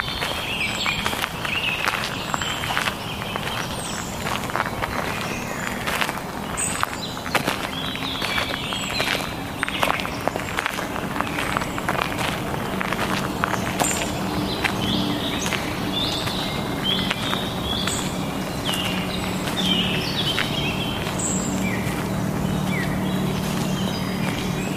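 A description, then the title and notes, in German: A walk by a pond, with steady footsteps crunching throughout, many birds chirping high and bright, and a low steady hum underneath. Ein Soundwalk am Ludwigsteich bei Roßdorf. Genauer gesagt handelt es sich um den Ludwigsteich bei Roßdorf, der an einem warmen Tag die Leichtigkeit des Sommers verkörpert.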